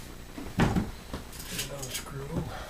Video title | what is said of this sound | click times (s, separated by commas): Kennebunkport Cottage | in like this again you're gonna hear it locked in for the groove on the end | 0.6 s